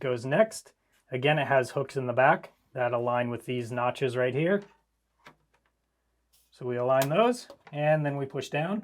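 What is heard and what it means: Someone talks while lining up the rear hooks of the plastic top cover with the triangle on it with the notches on a PS5 Slim console, before pushing it down. Faint, brief handling taps come between 5.3 and 5.7 s in a pause in the talk. The cover has not clicked into place yet.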